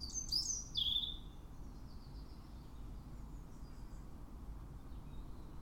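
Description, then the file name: European robin song, a single short burst of thin, high twittering notes in the first second, then only faint high traces over steady low background noise. "Erithacus rubecula"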